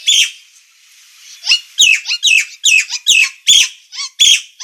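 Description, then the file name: Nias hill myna: one squawk, a short lull, then a quick series of loud, grating calls and squeaks. Indonesian name Jalak Nias; described as gacor (singing constantly) with a noisy voice. "Kicau Jalak Nias Gacor Suara Berisik"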